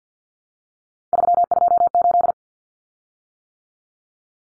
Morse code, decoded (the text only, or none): 328